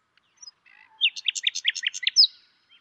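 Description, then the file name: Common nightingale giving a short phrase of several evenly repeated sharp notes, ending with a high slurred note. "Luscinia megarhynchos"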